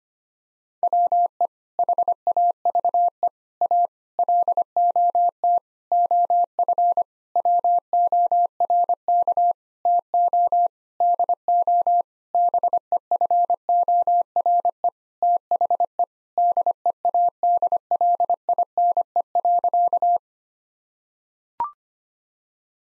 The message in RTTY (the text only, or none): none